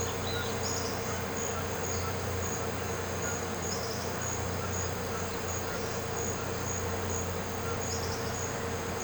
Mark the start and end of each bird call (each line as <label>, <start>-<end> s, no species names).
bird call, 0.00-3.34 s
bird call, 3.62-4.19 s
bird call, 7.90-8.35 s